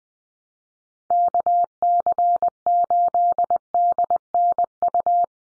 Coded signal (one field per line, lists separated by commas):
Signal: Morse code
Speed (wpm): 20 wpm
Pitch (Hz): 700 Hz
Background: none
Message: KC8DNU